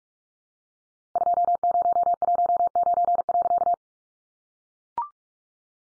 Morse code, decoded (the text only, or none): 2019.